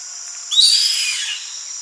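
Bird call: a single harsh, hissing screech lasting about a second, high-pitched and noisy, set against a steady high background hiss.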